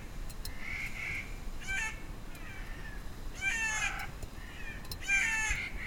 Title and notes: family cluster of Clark's nutcrackers (Nucifraga columbiana), at 2500 m., recorded last July in the Eagle Cap Wilderness, OR. These are their counter-singing "cat calls,"